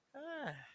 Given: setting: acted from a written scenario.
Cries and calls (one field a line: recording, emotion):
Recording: vocal sound without words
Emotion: romantic love